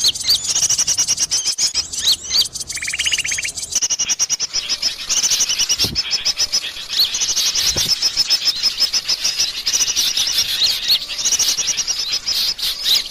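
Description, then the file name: Birds chirping in a thick chorus of very high, rapid twitters and sharp notes, with a single short buzzy trill early on and two soft low thumps. Lure call used to attract birds, described as a thousand birds. "pikat 1000 burung"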